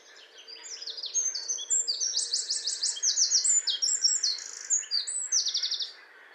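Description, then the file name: Eurasian wren song, a loud rapid run of high, sharp trills and chattering notes lasting about six seconds, stopping abruptly. "Troglodytes troglodytes"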